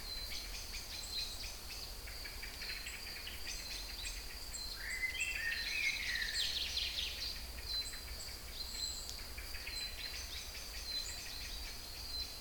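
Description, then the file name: Songbirds in chorus, rapid high chirps and trills throughout, with a louder descending warble in the middle over a steady thin high tone. Kouri Forest, Thessaloniki, Greece; recorded 22 05 12 at 18:35. "Singing Birds Kouri Forest Salonika 22 05 12 18 35"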